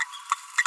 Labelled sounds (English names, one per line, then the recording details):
Green-rumped Parrotlet babbling
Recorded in a nest box in Venezuela
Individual 18B25A3